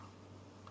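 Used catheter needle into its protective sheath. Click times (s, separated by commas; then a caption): 0.7 s. After an IV cannula is placed, the used catheter needle (stylet) is pushed back into its catheter packaging sheath rather than back into the catheter, which could tear it, before going to the medical waste bin. A steady low hum runs under a quiet background until a short, sharp click at 0.7 s as the needle snaps home and seats in its sheath.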